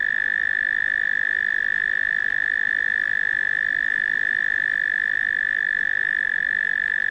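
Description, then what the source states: Cricket heard as a sustained, even high-pitched trill with no breaks or changes in tone. Australian cricket, among various Australian insects.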